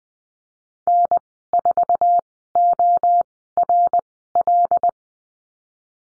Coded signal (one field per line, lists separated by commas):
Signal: Morse code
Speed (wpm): 20 wpm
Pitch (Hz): 700 Hz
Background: none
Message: N4ORL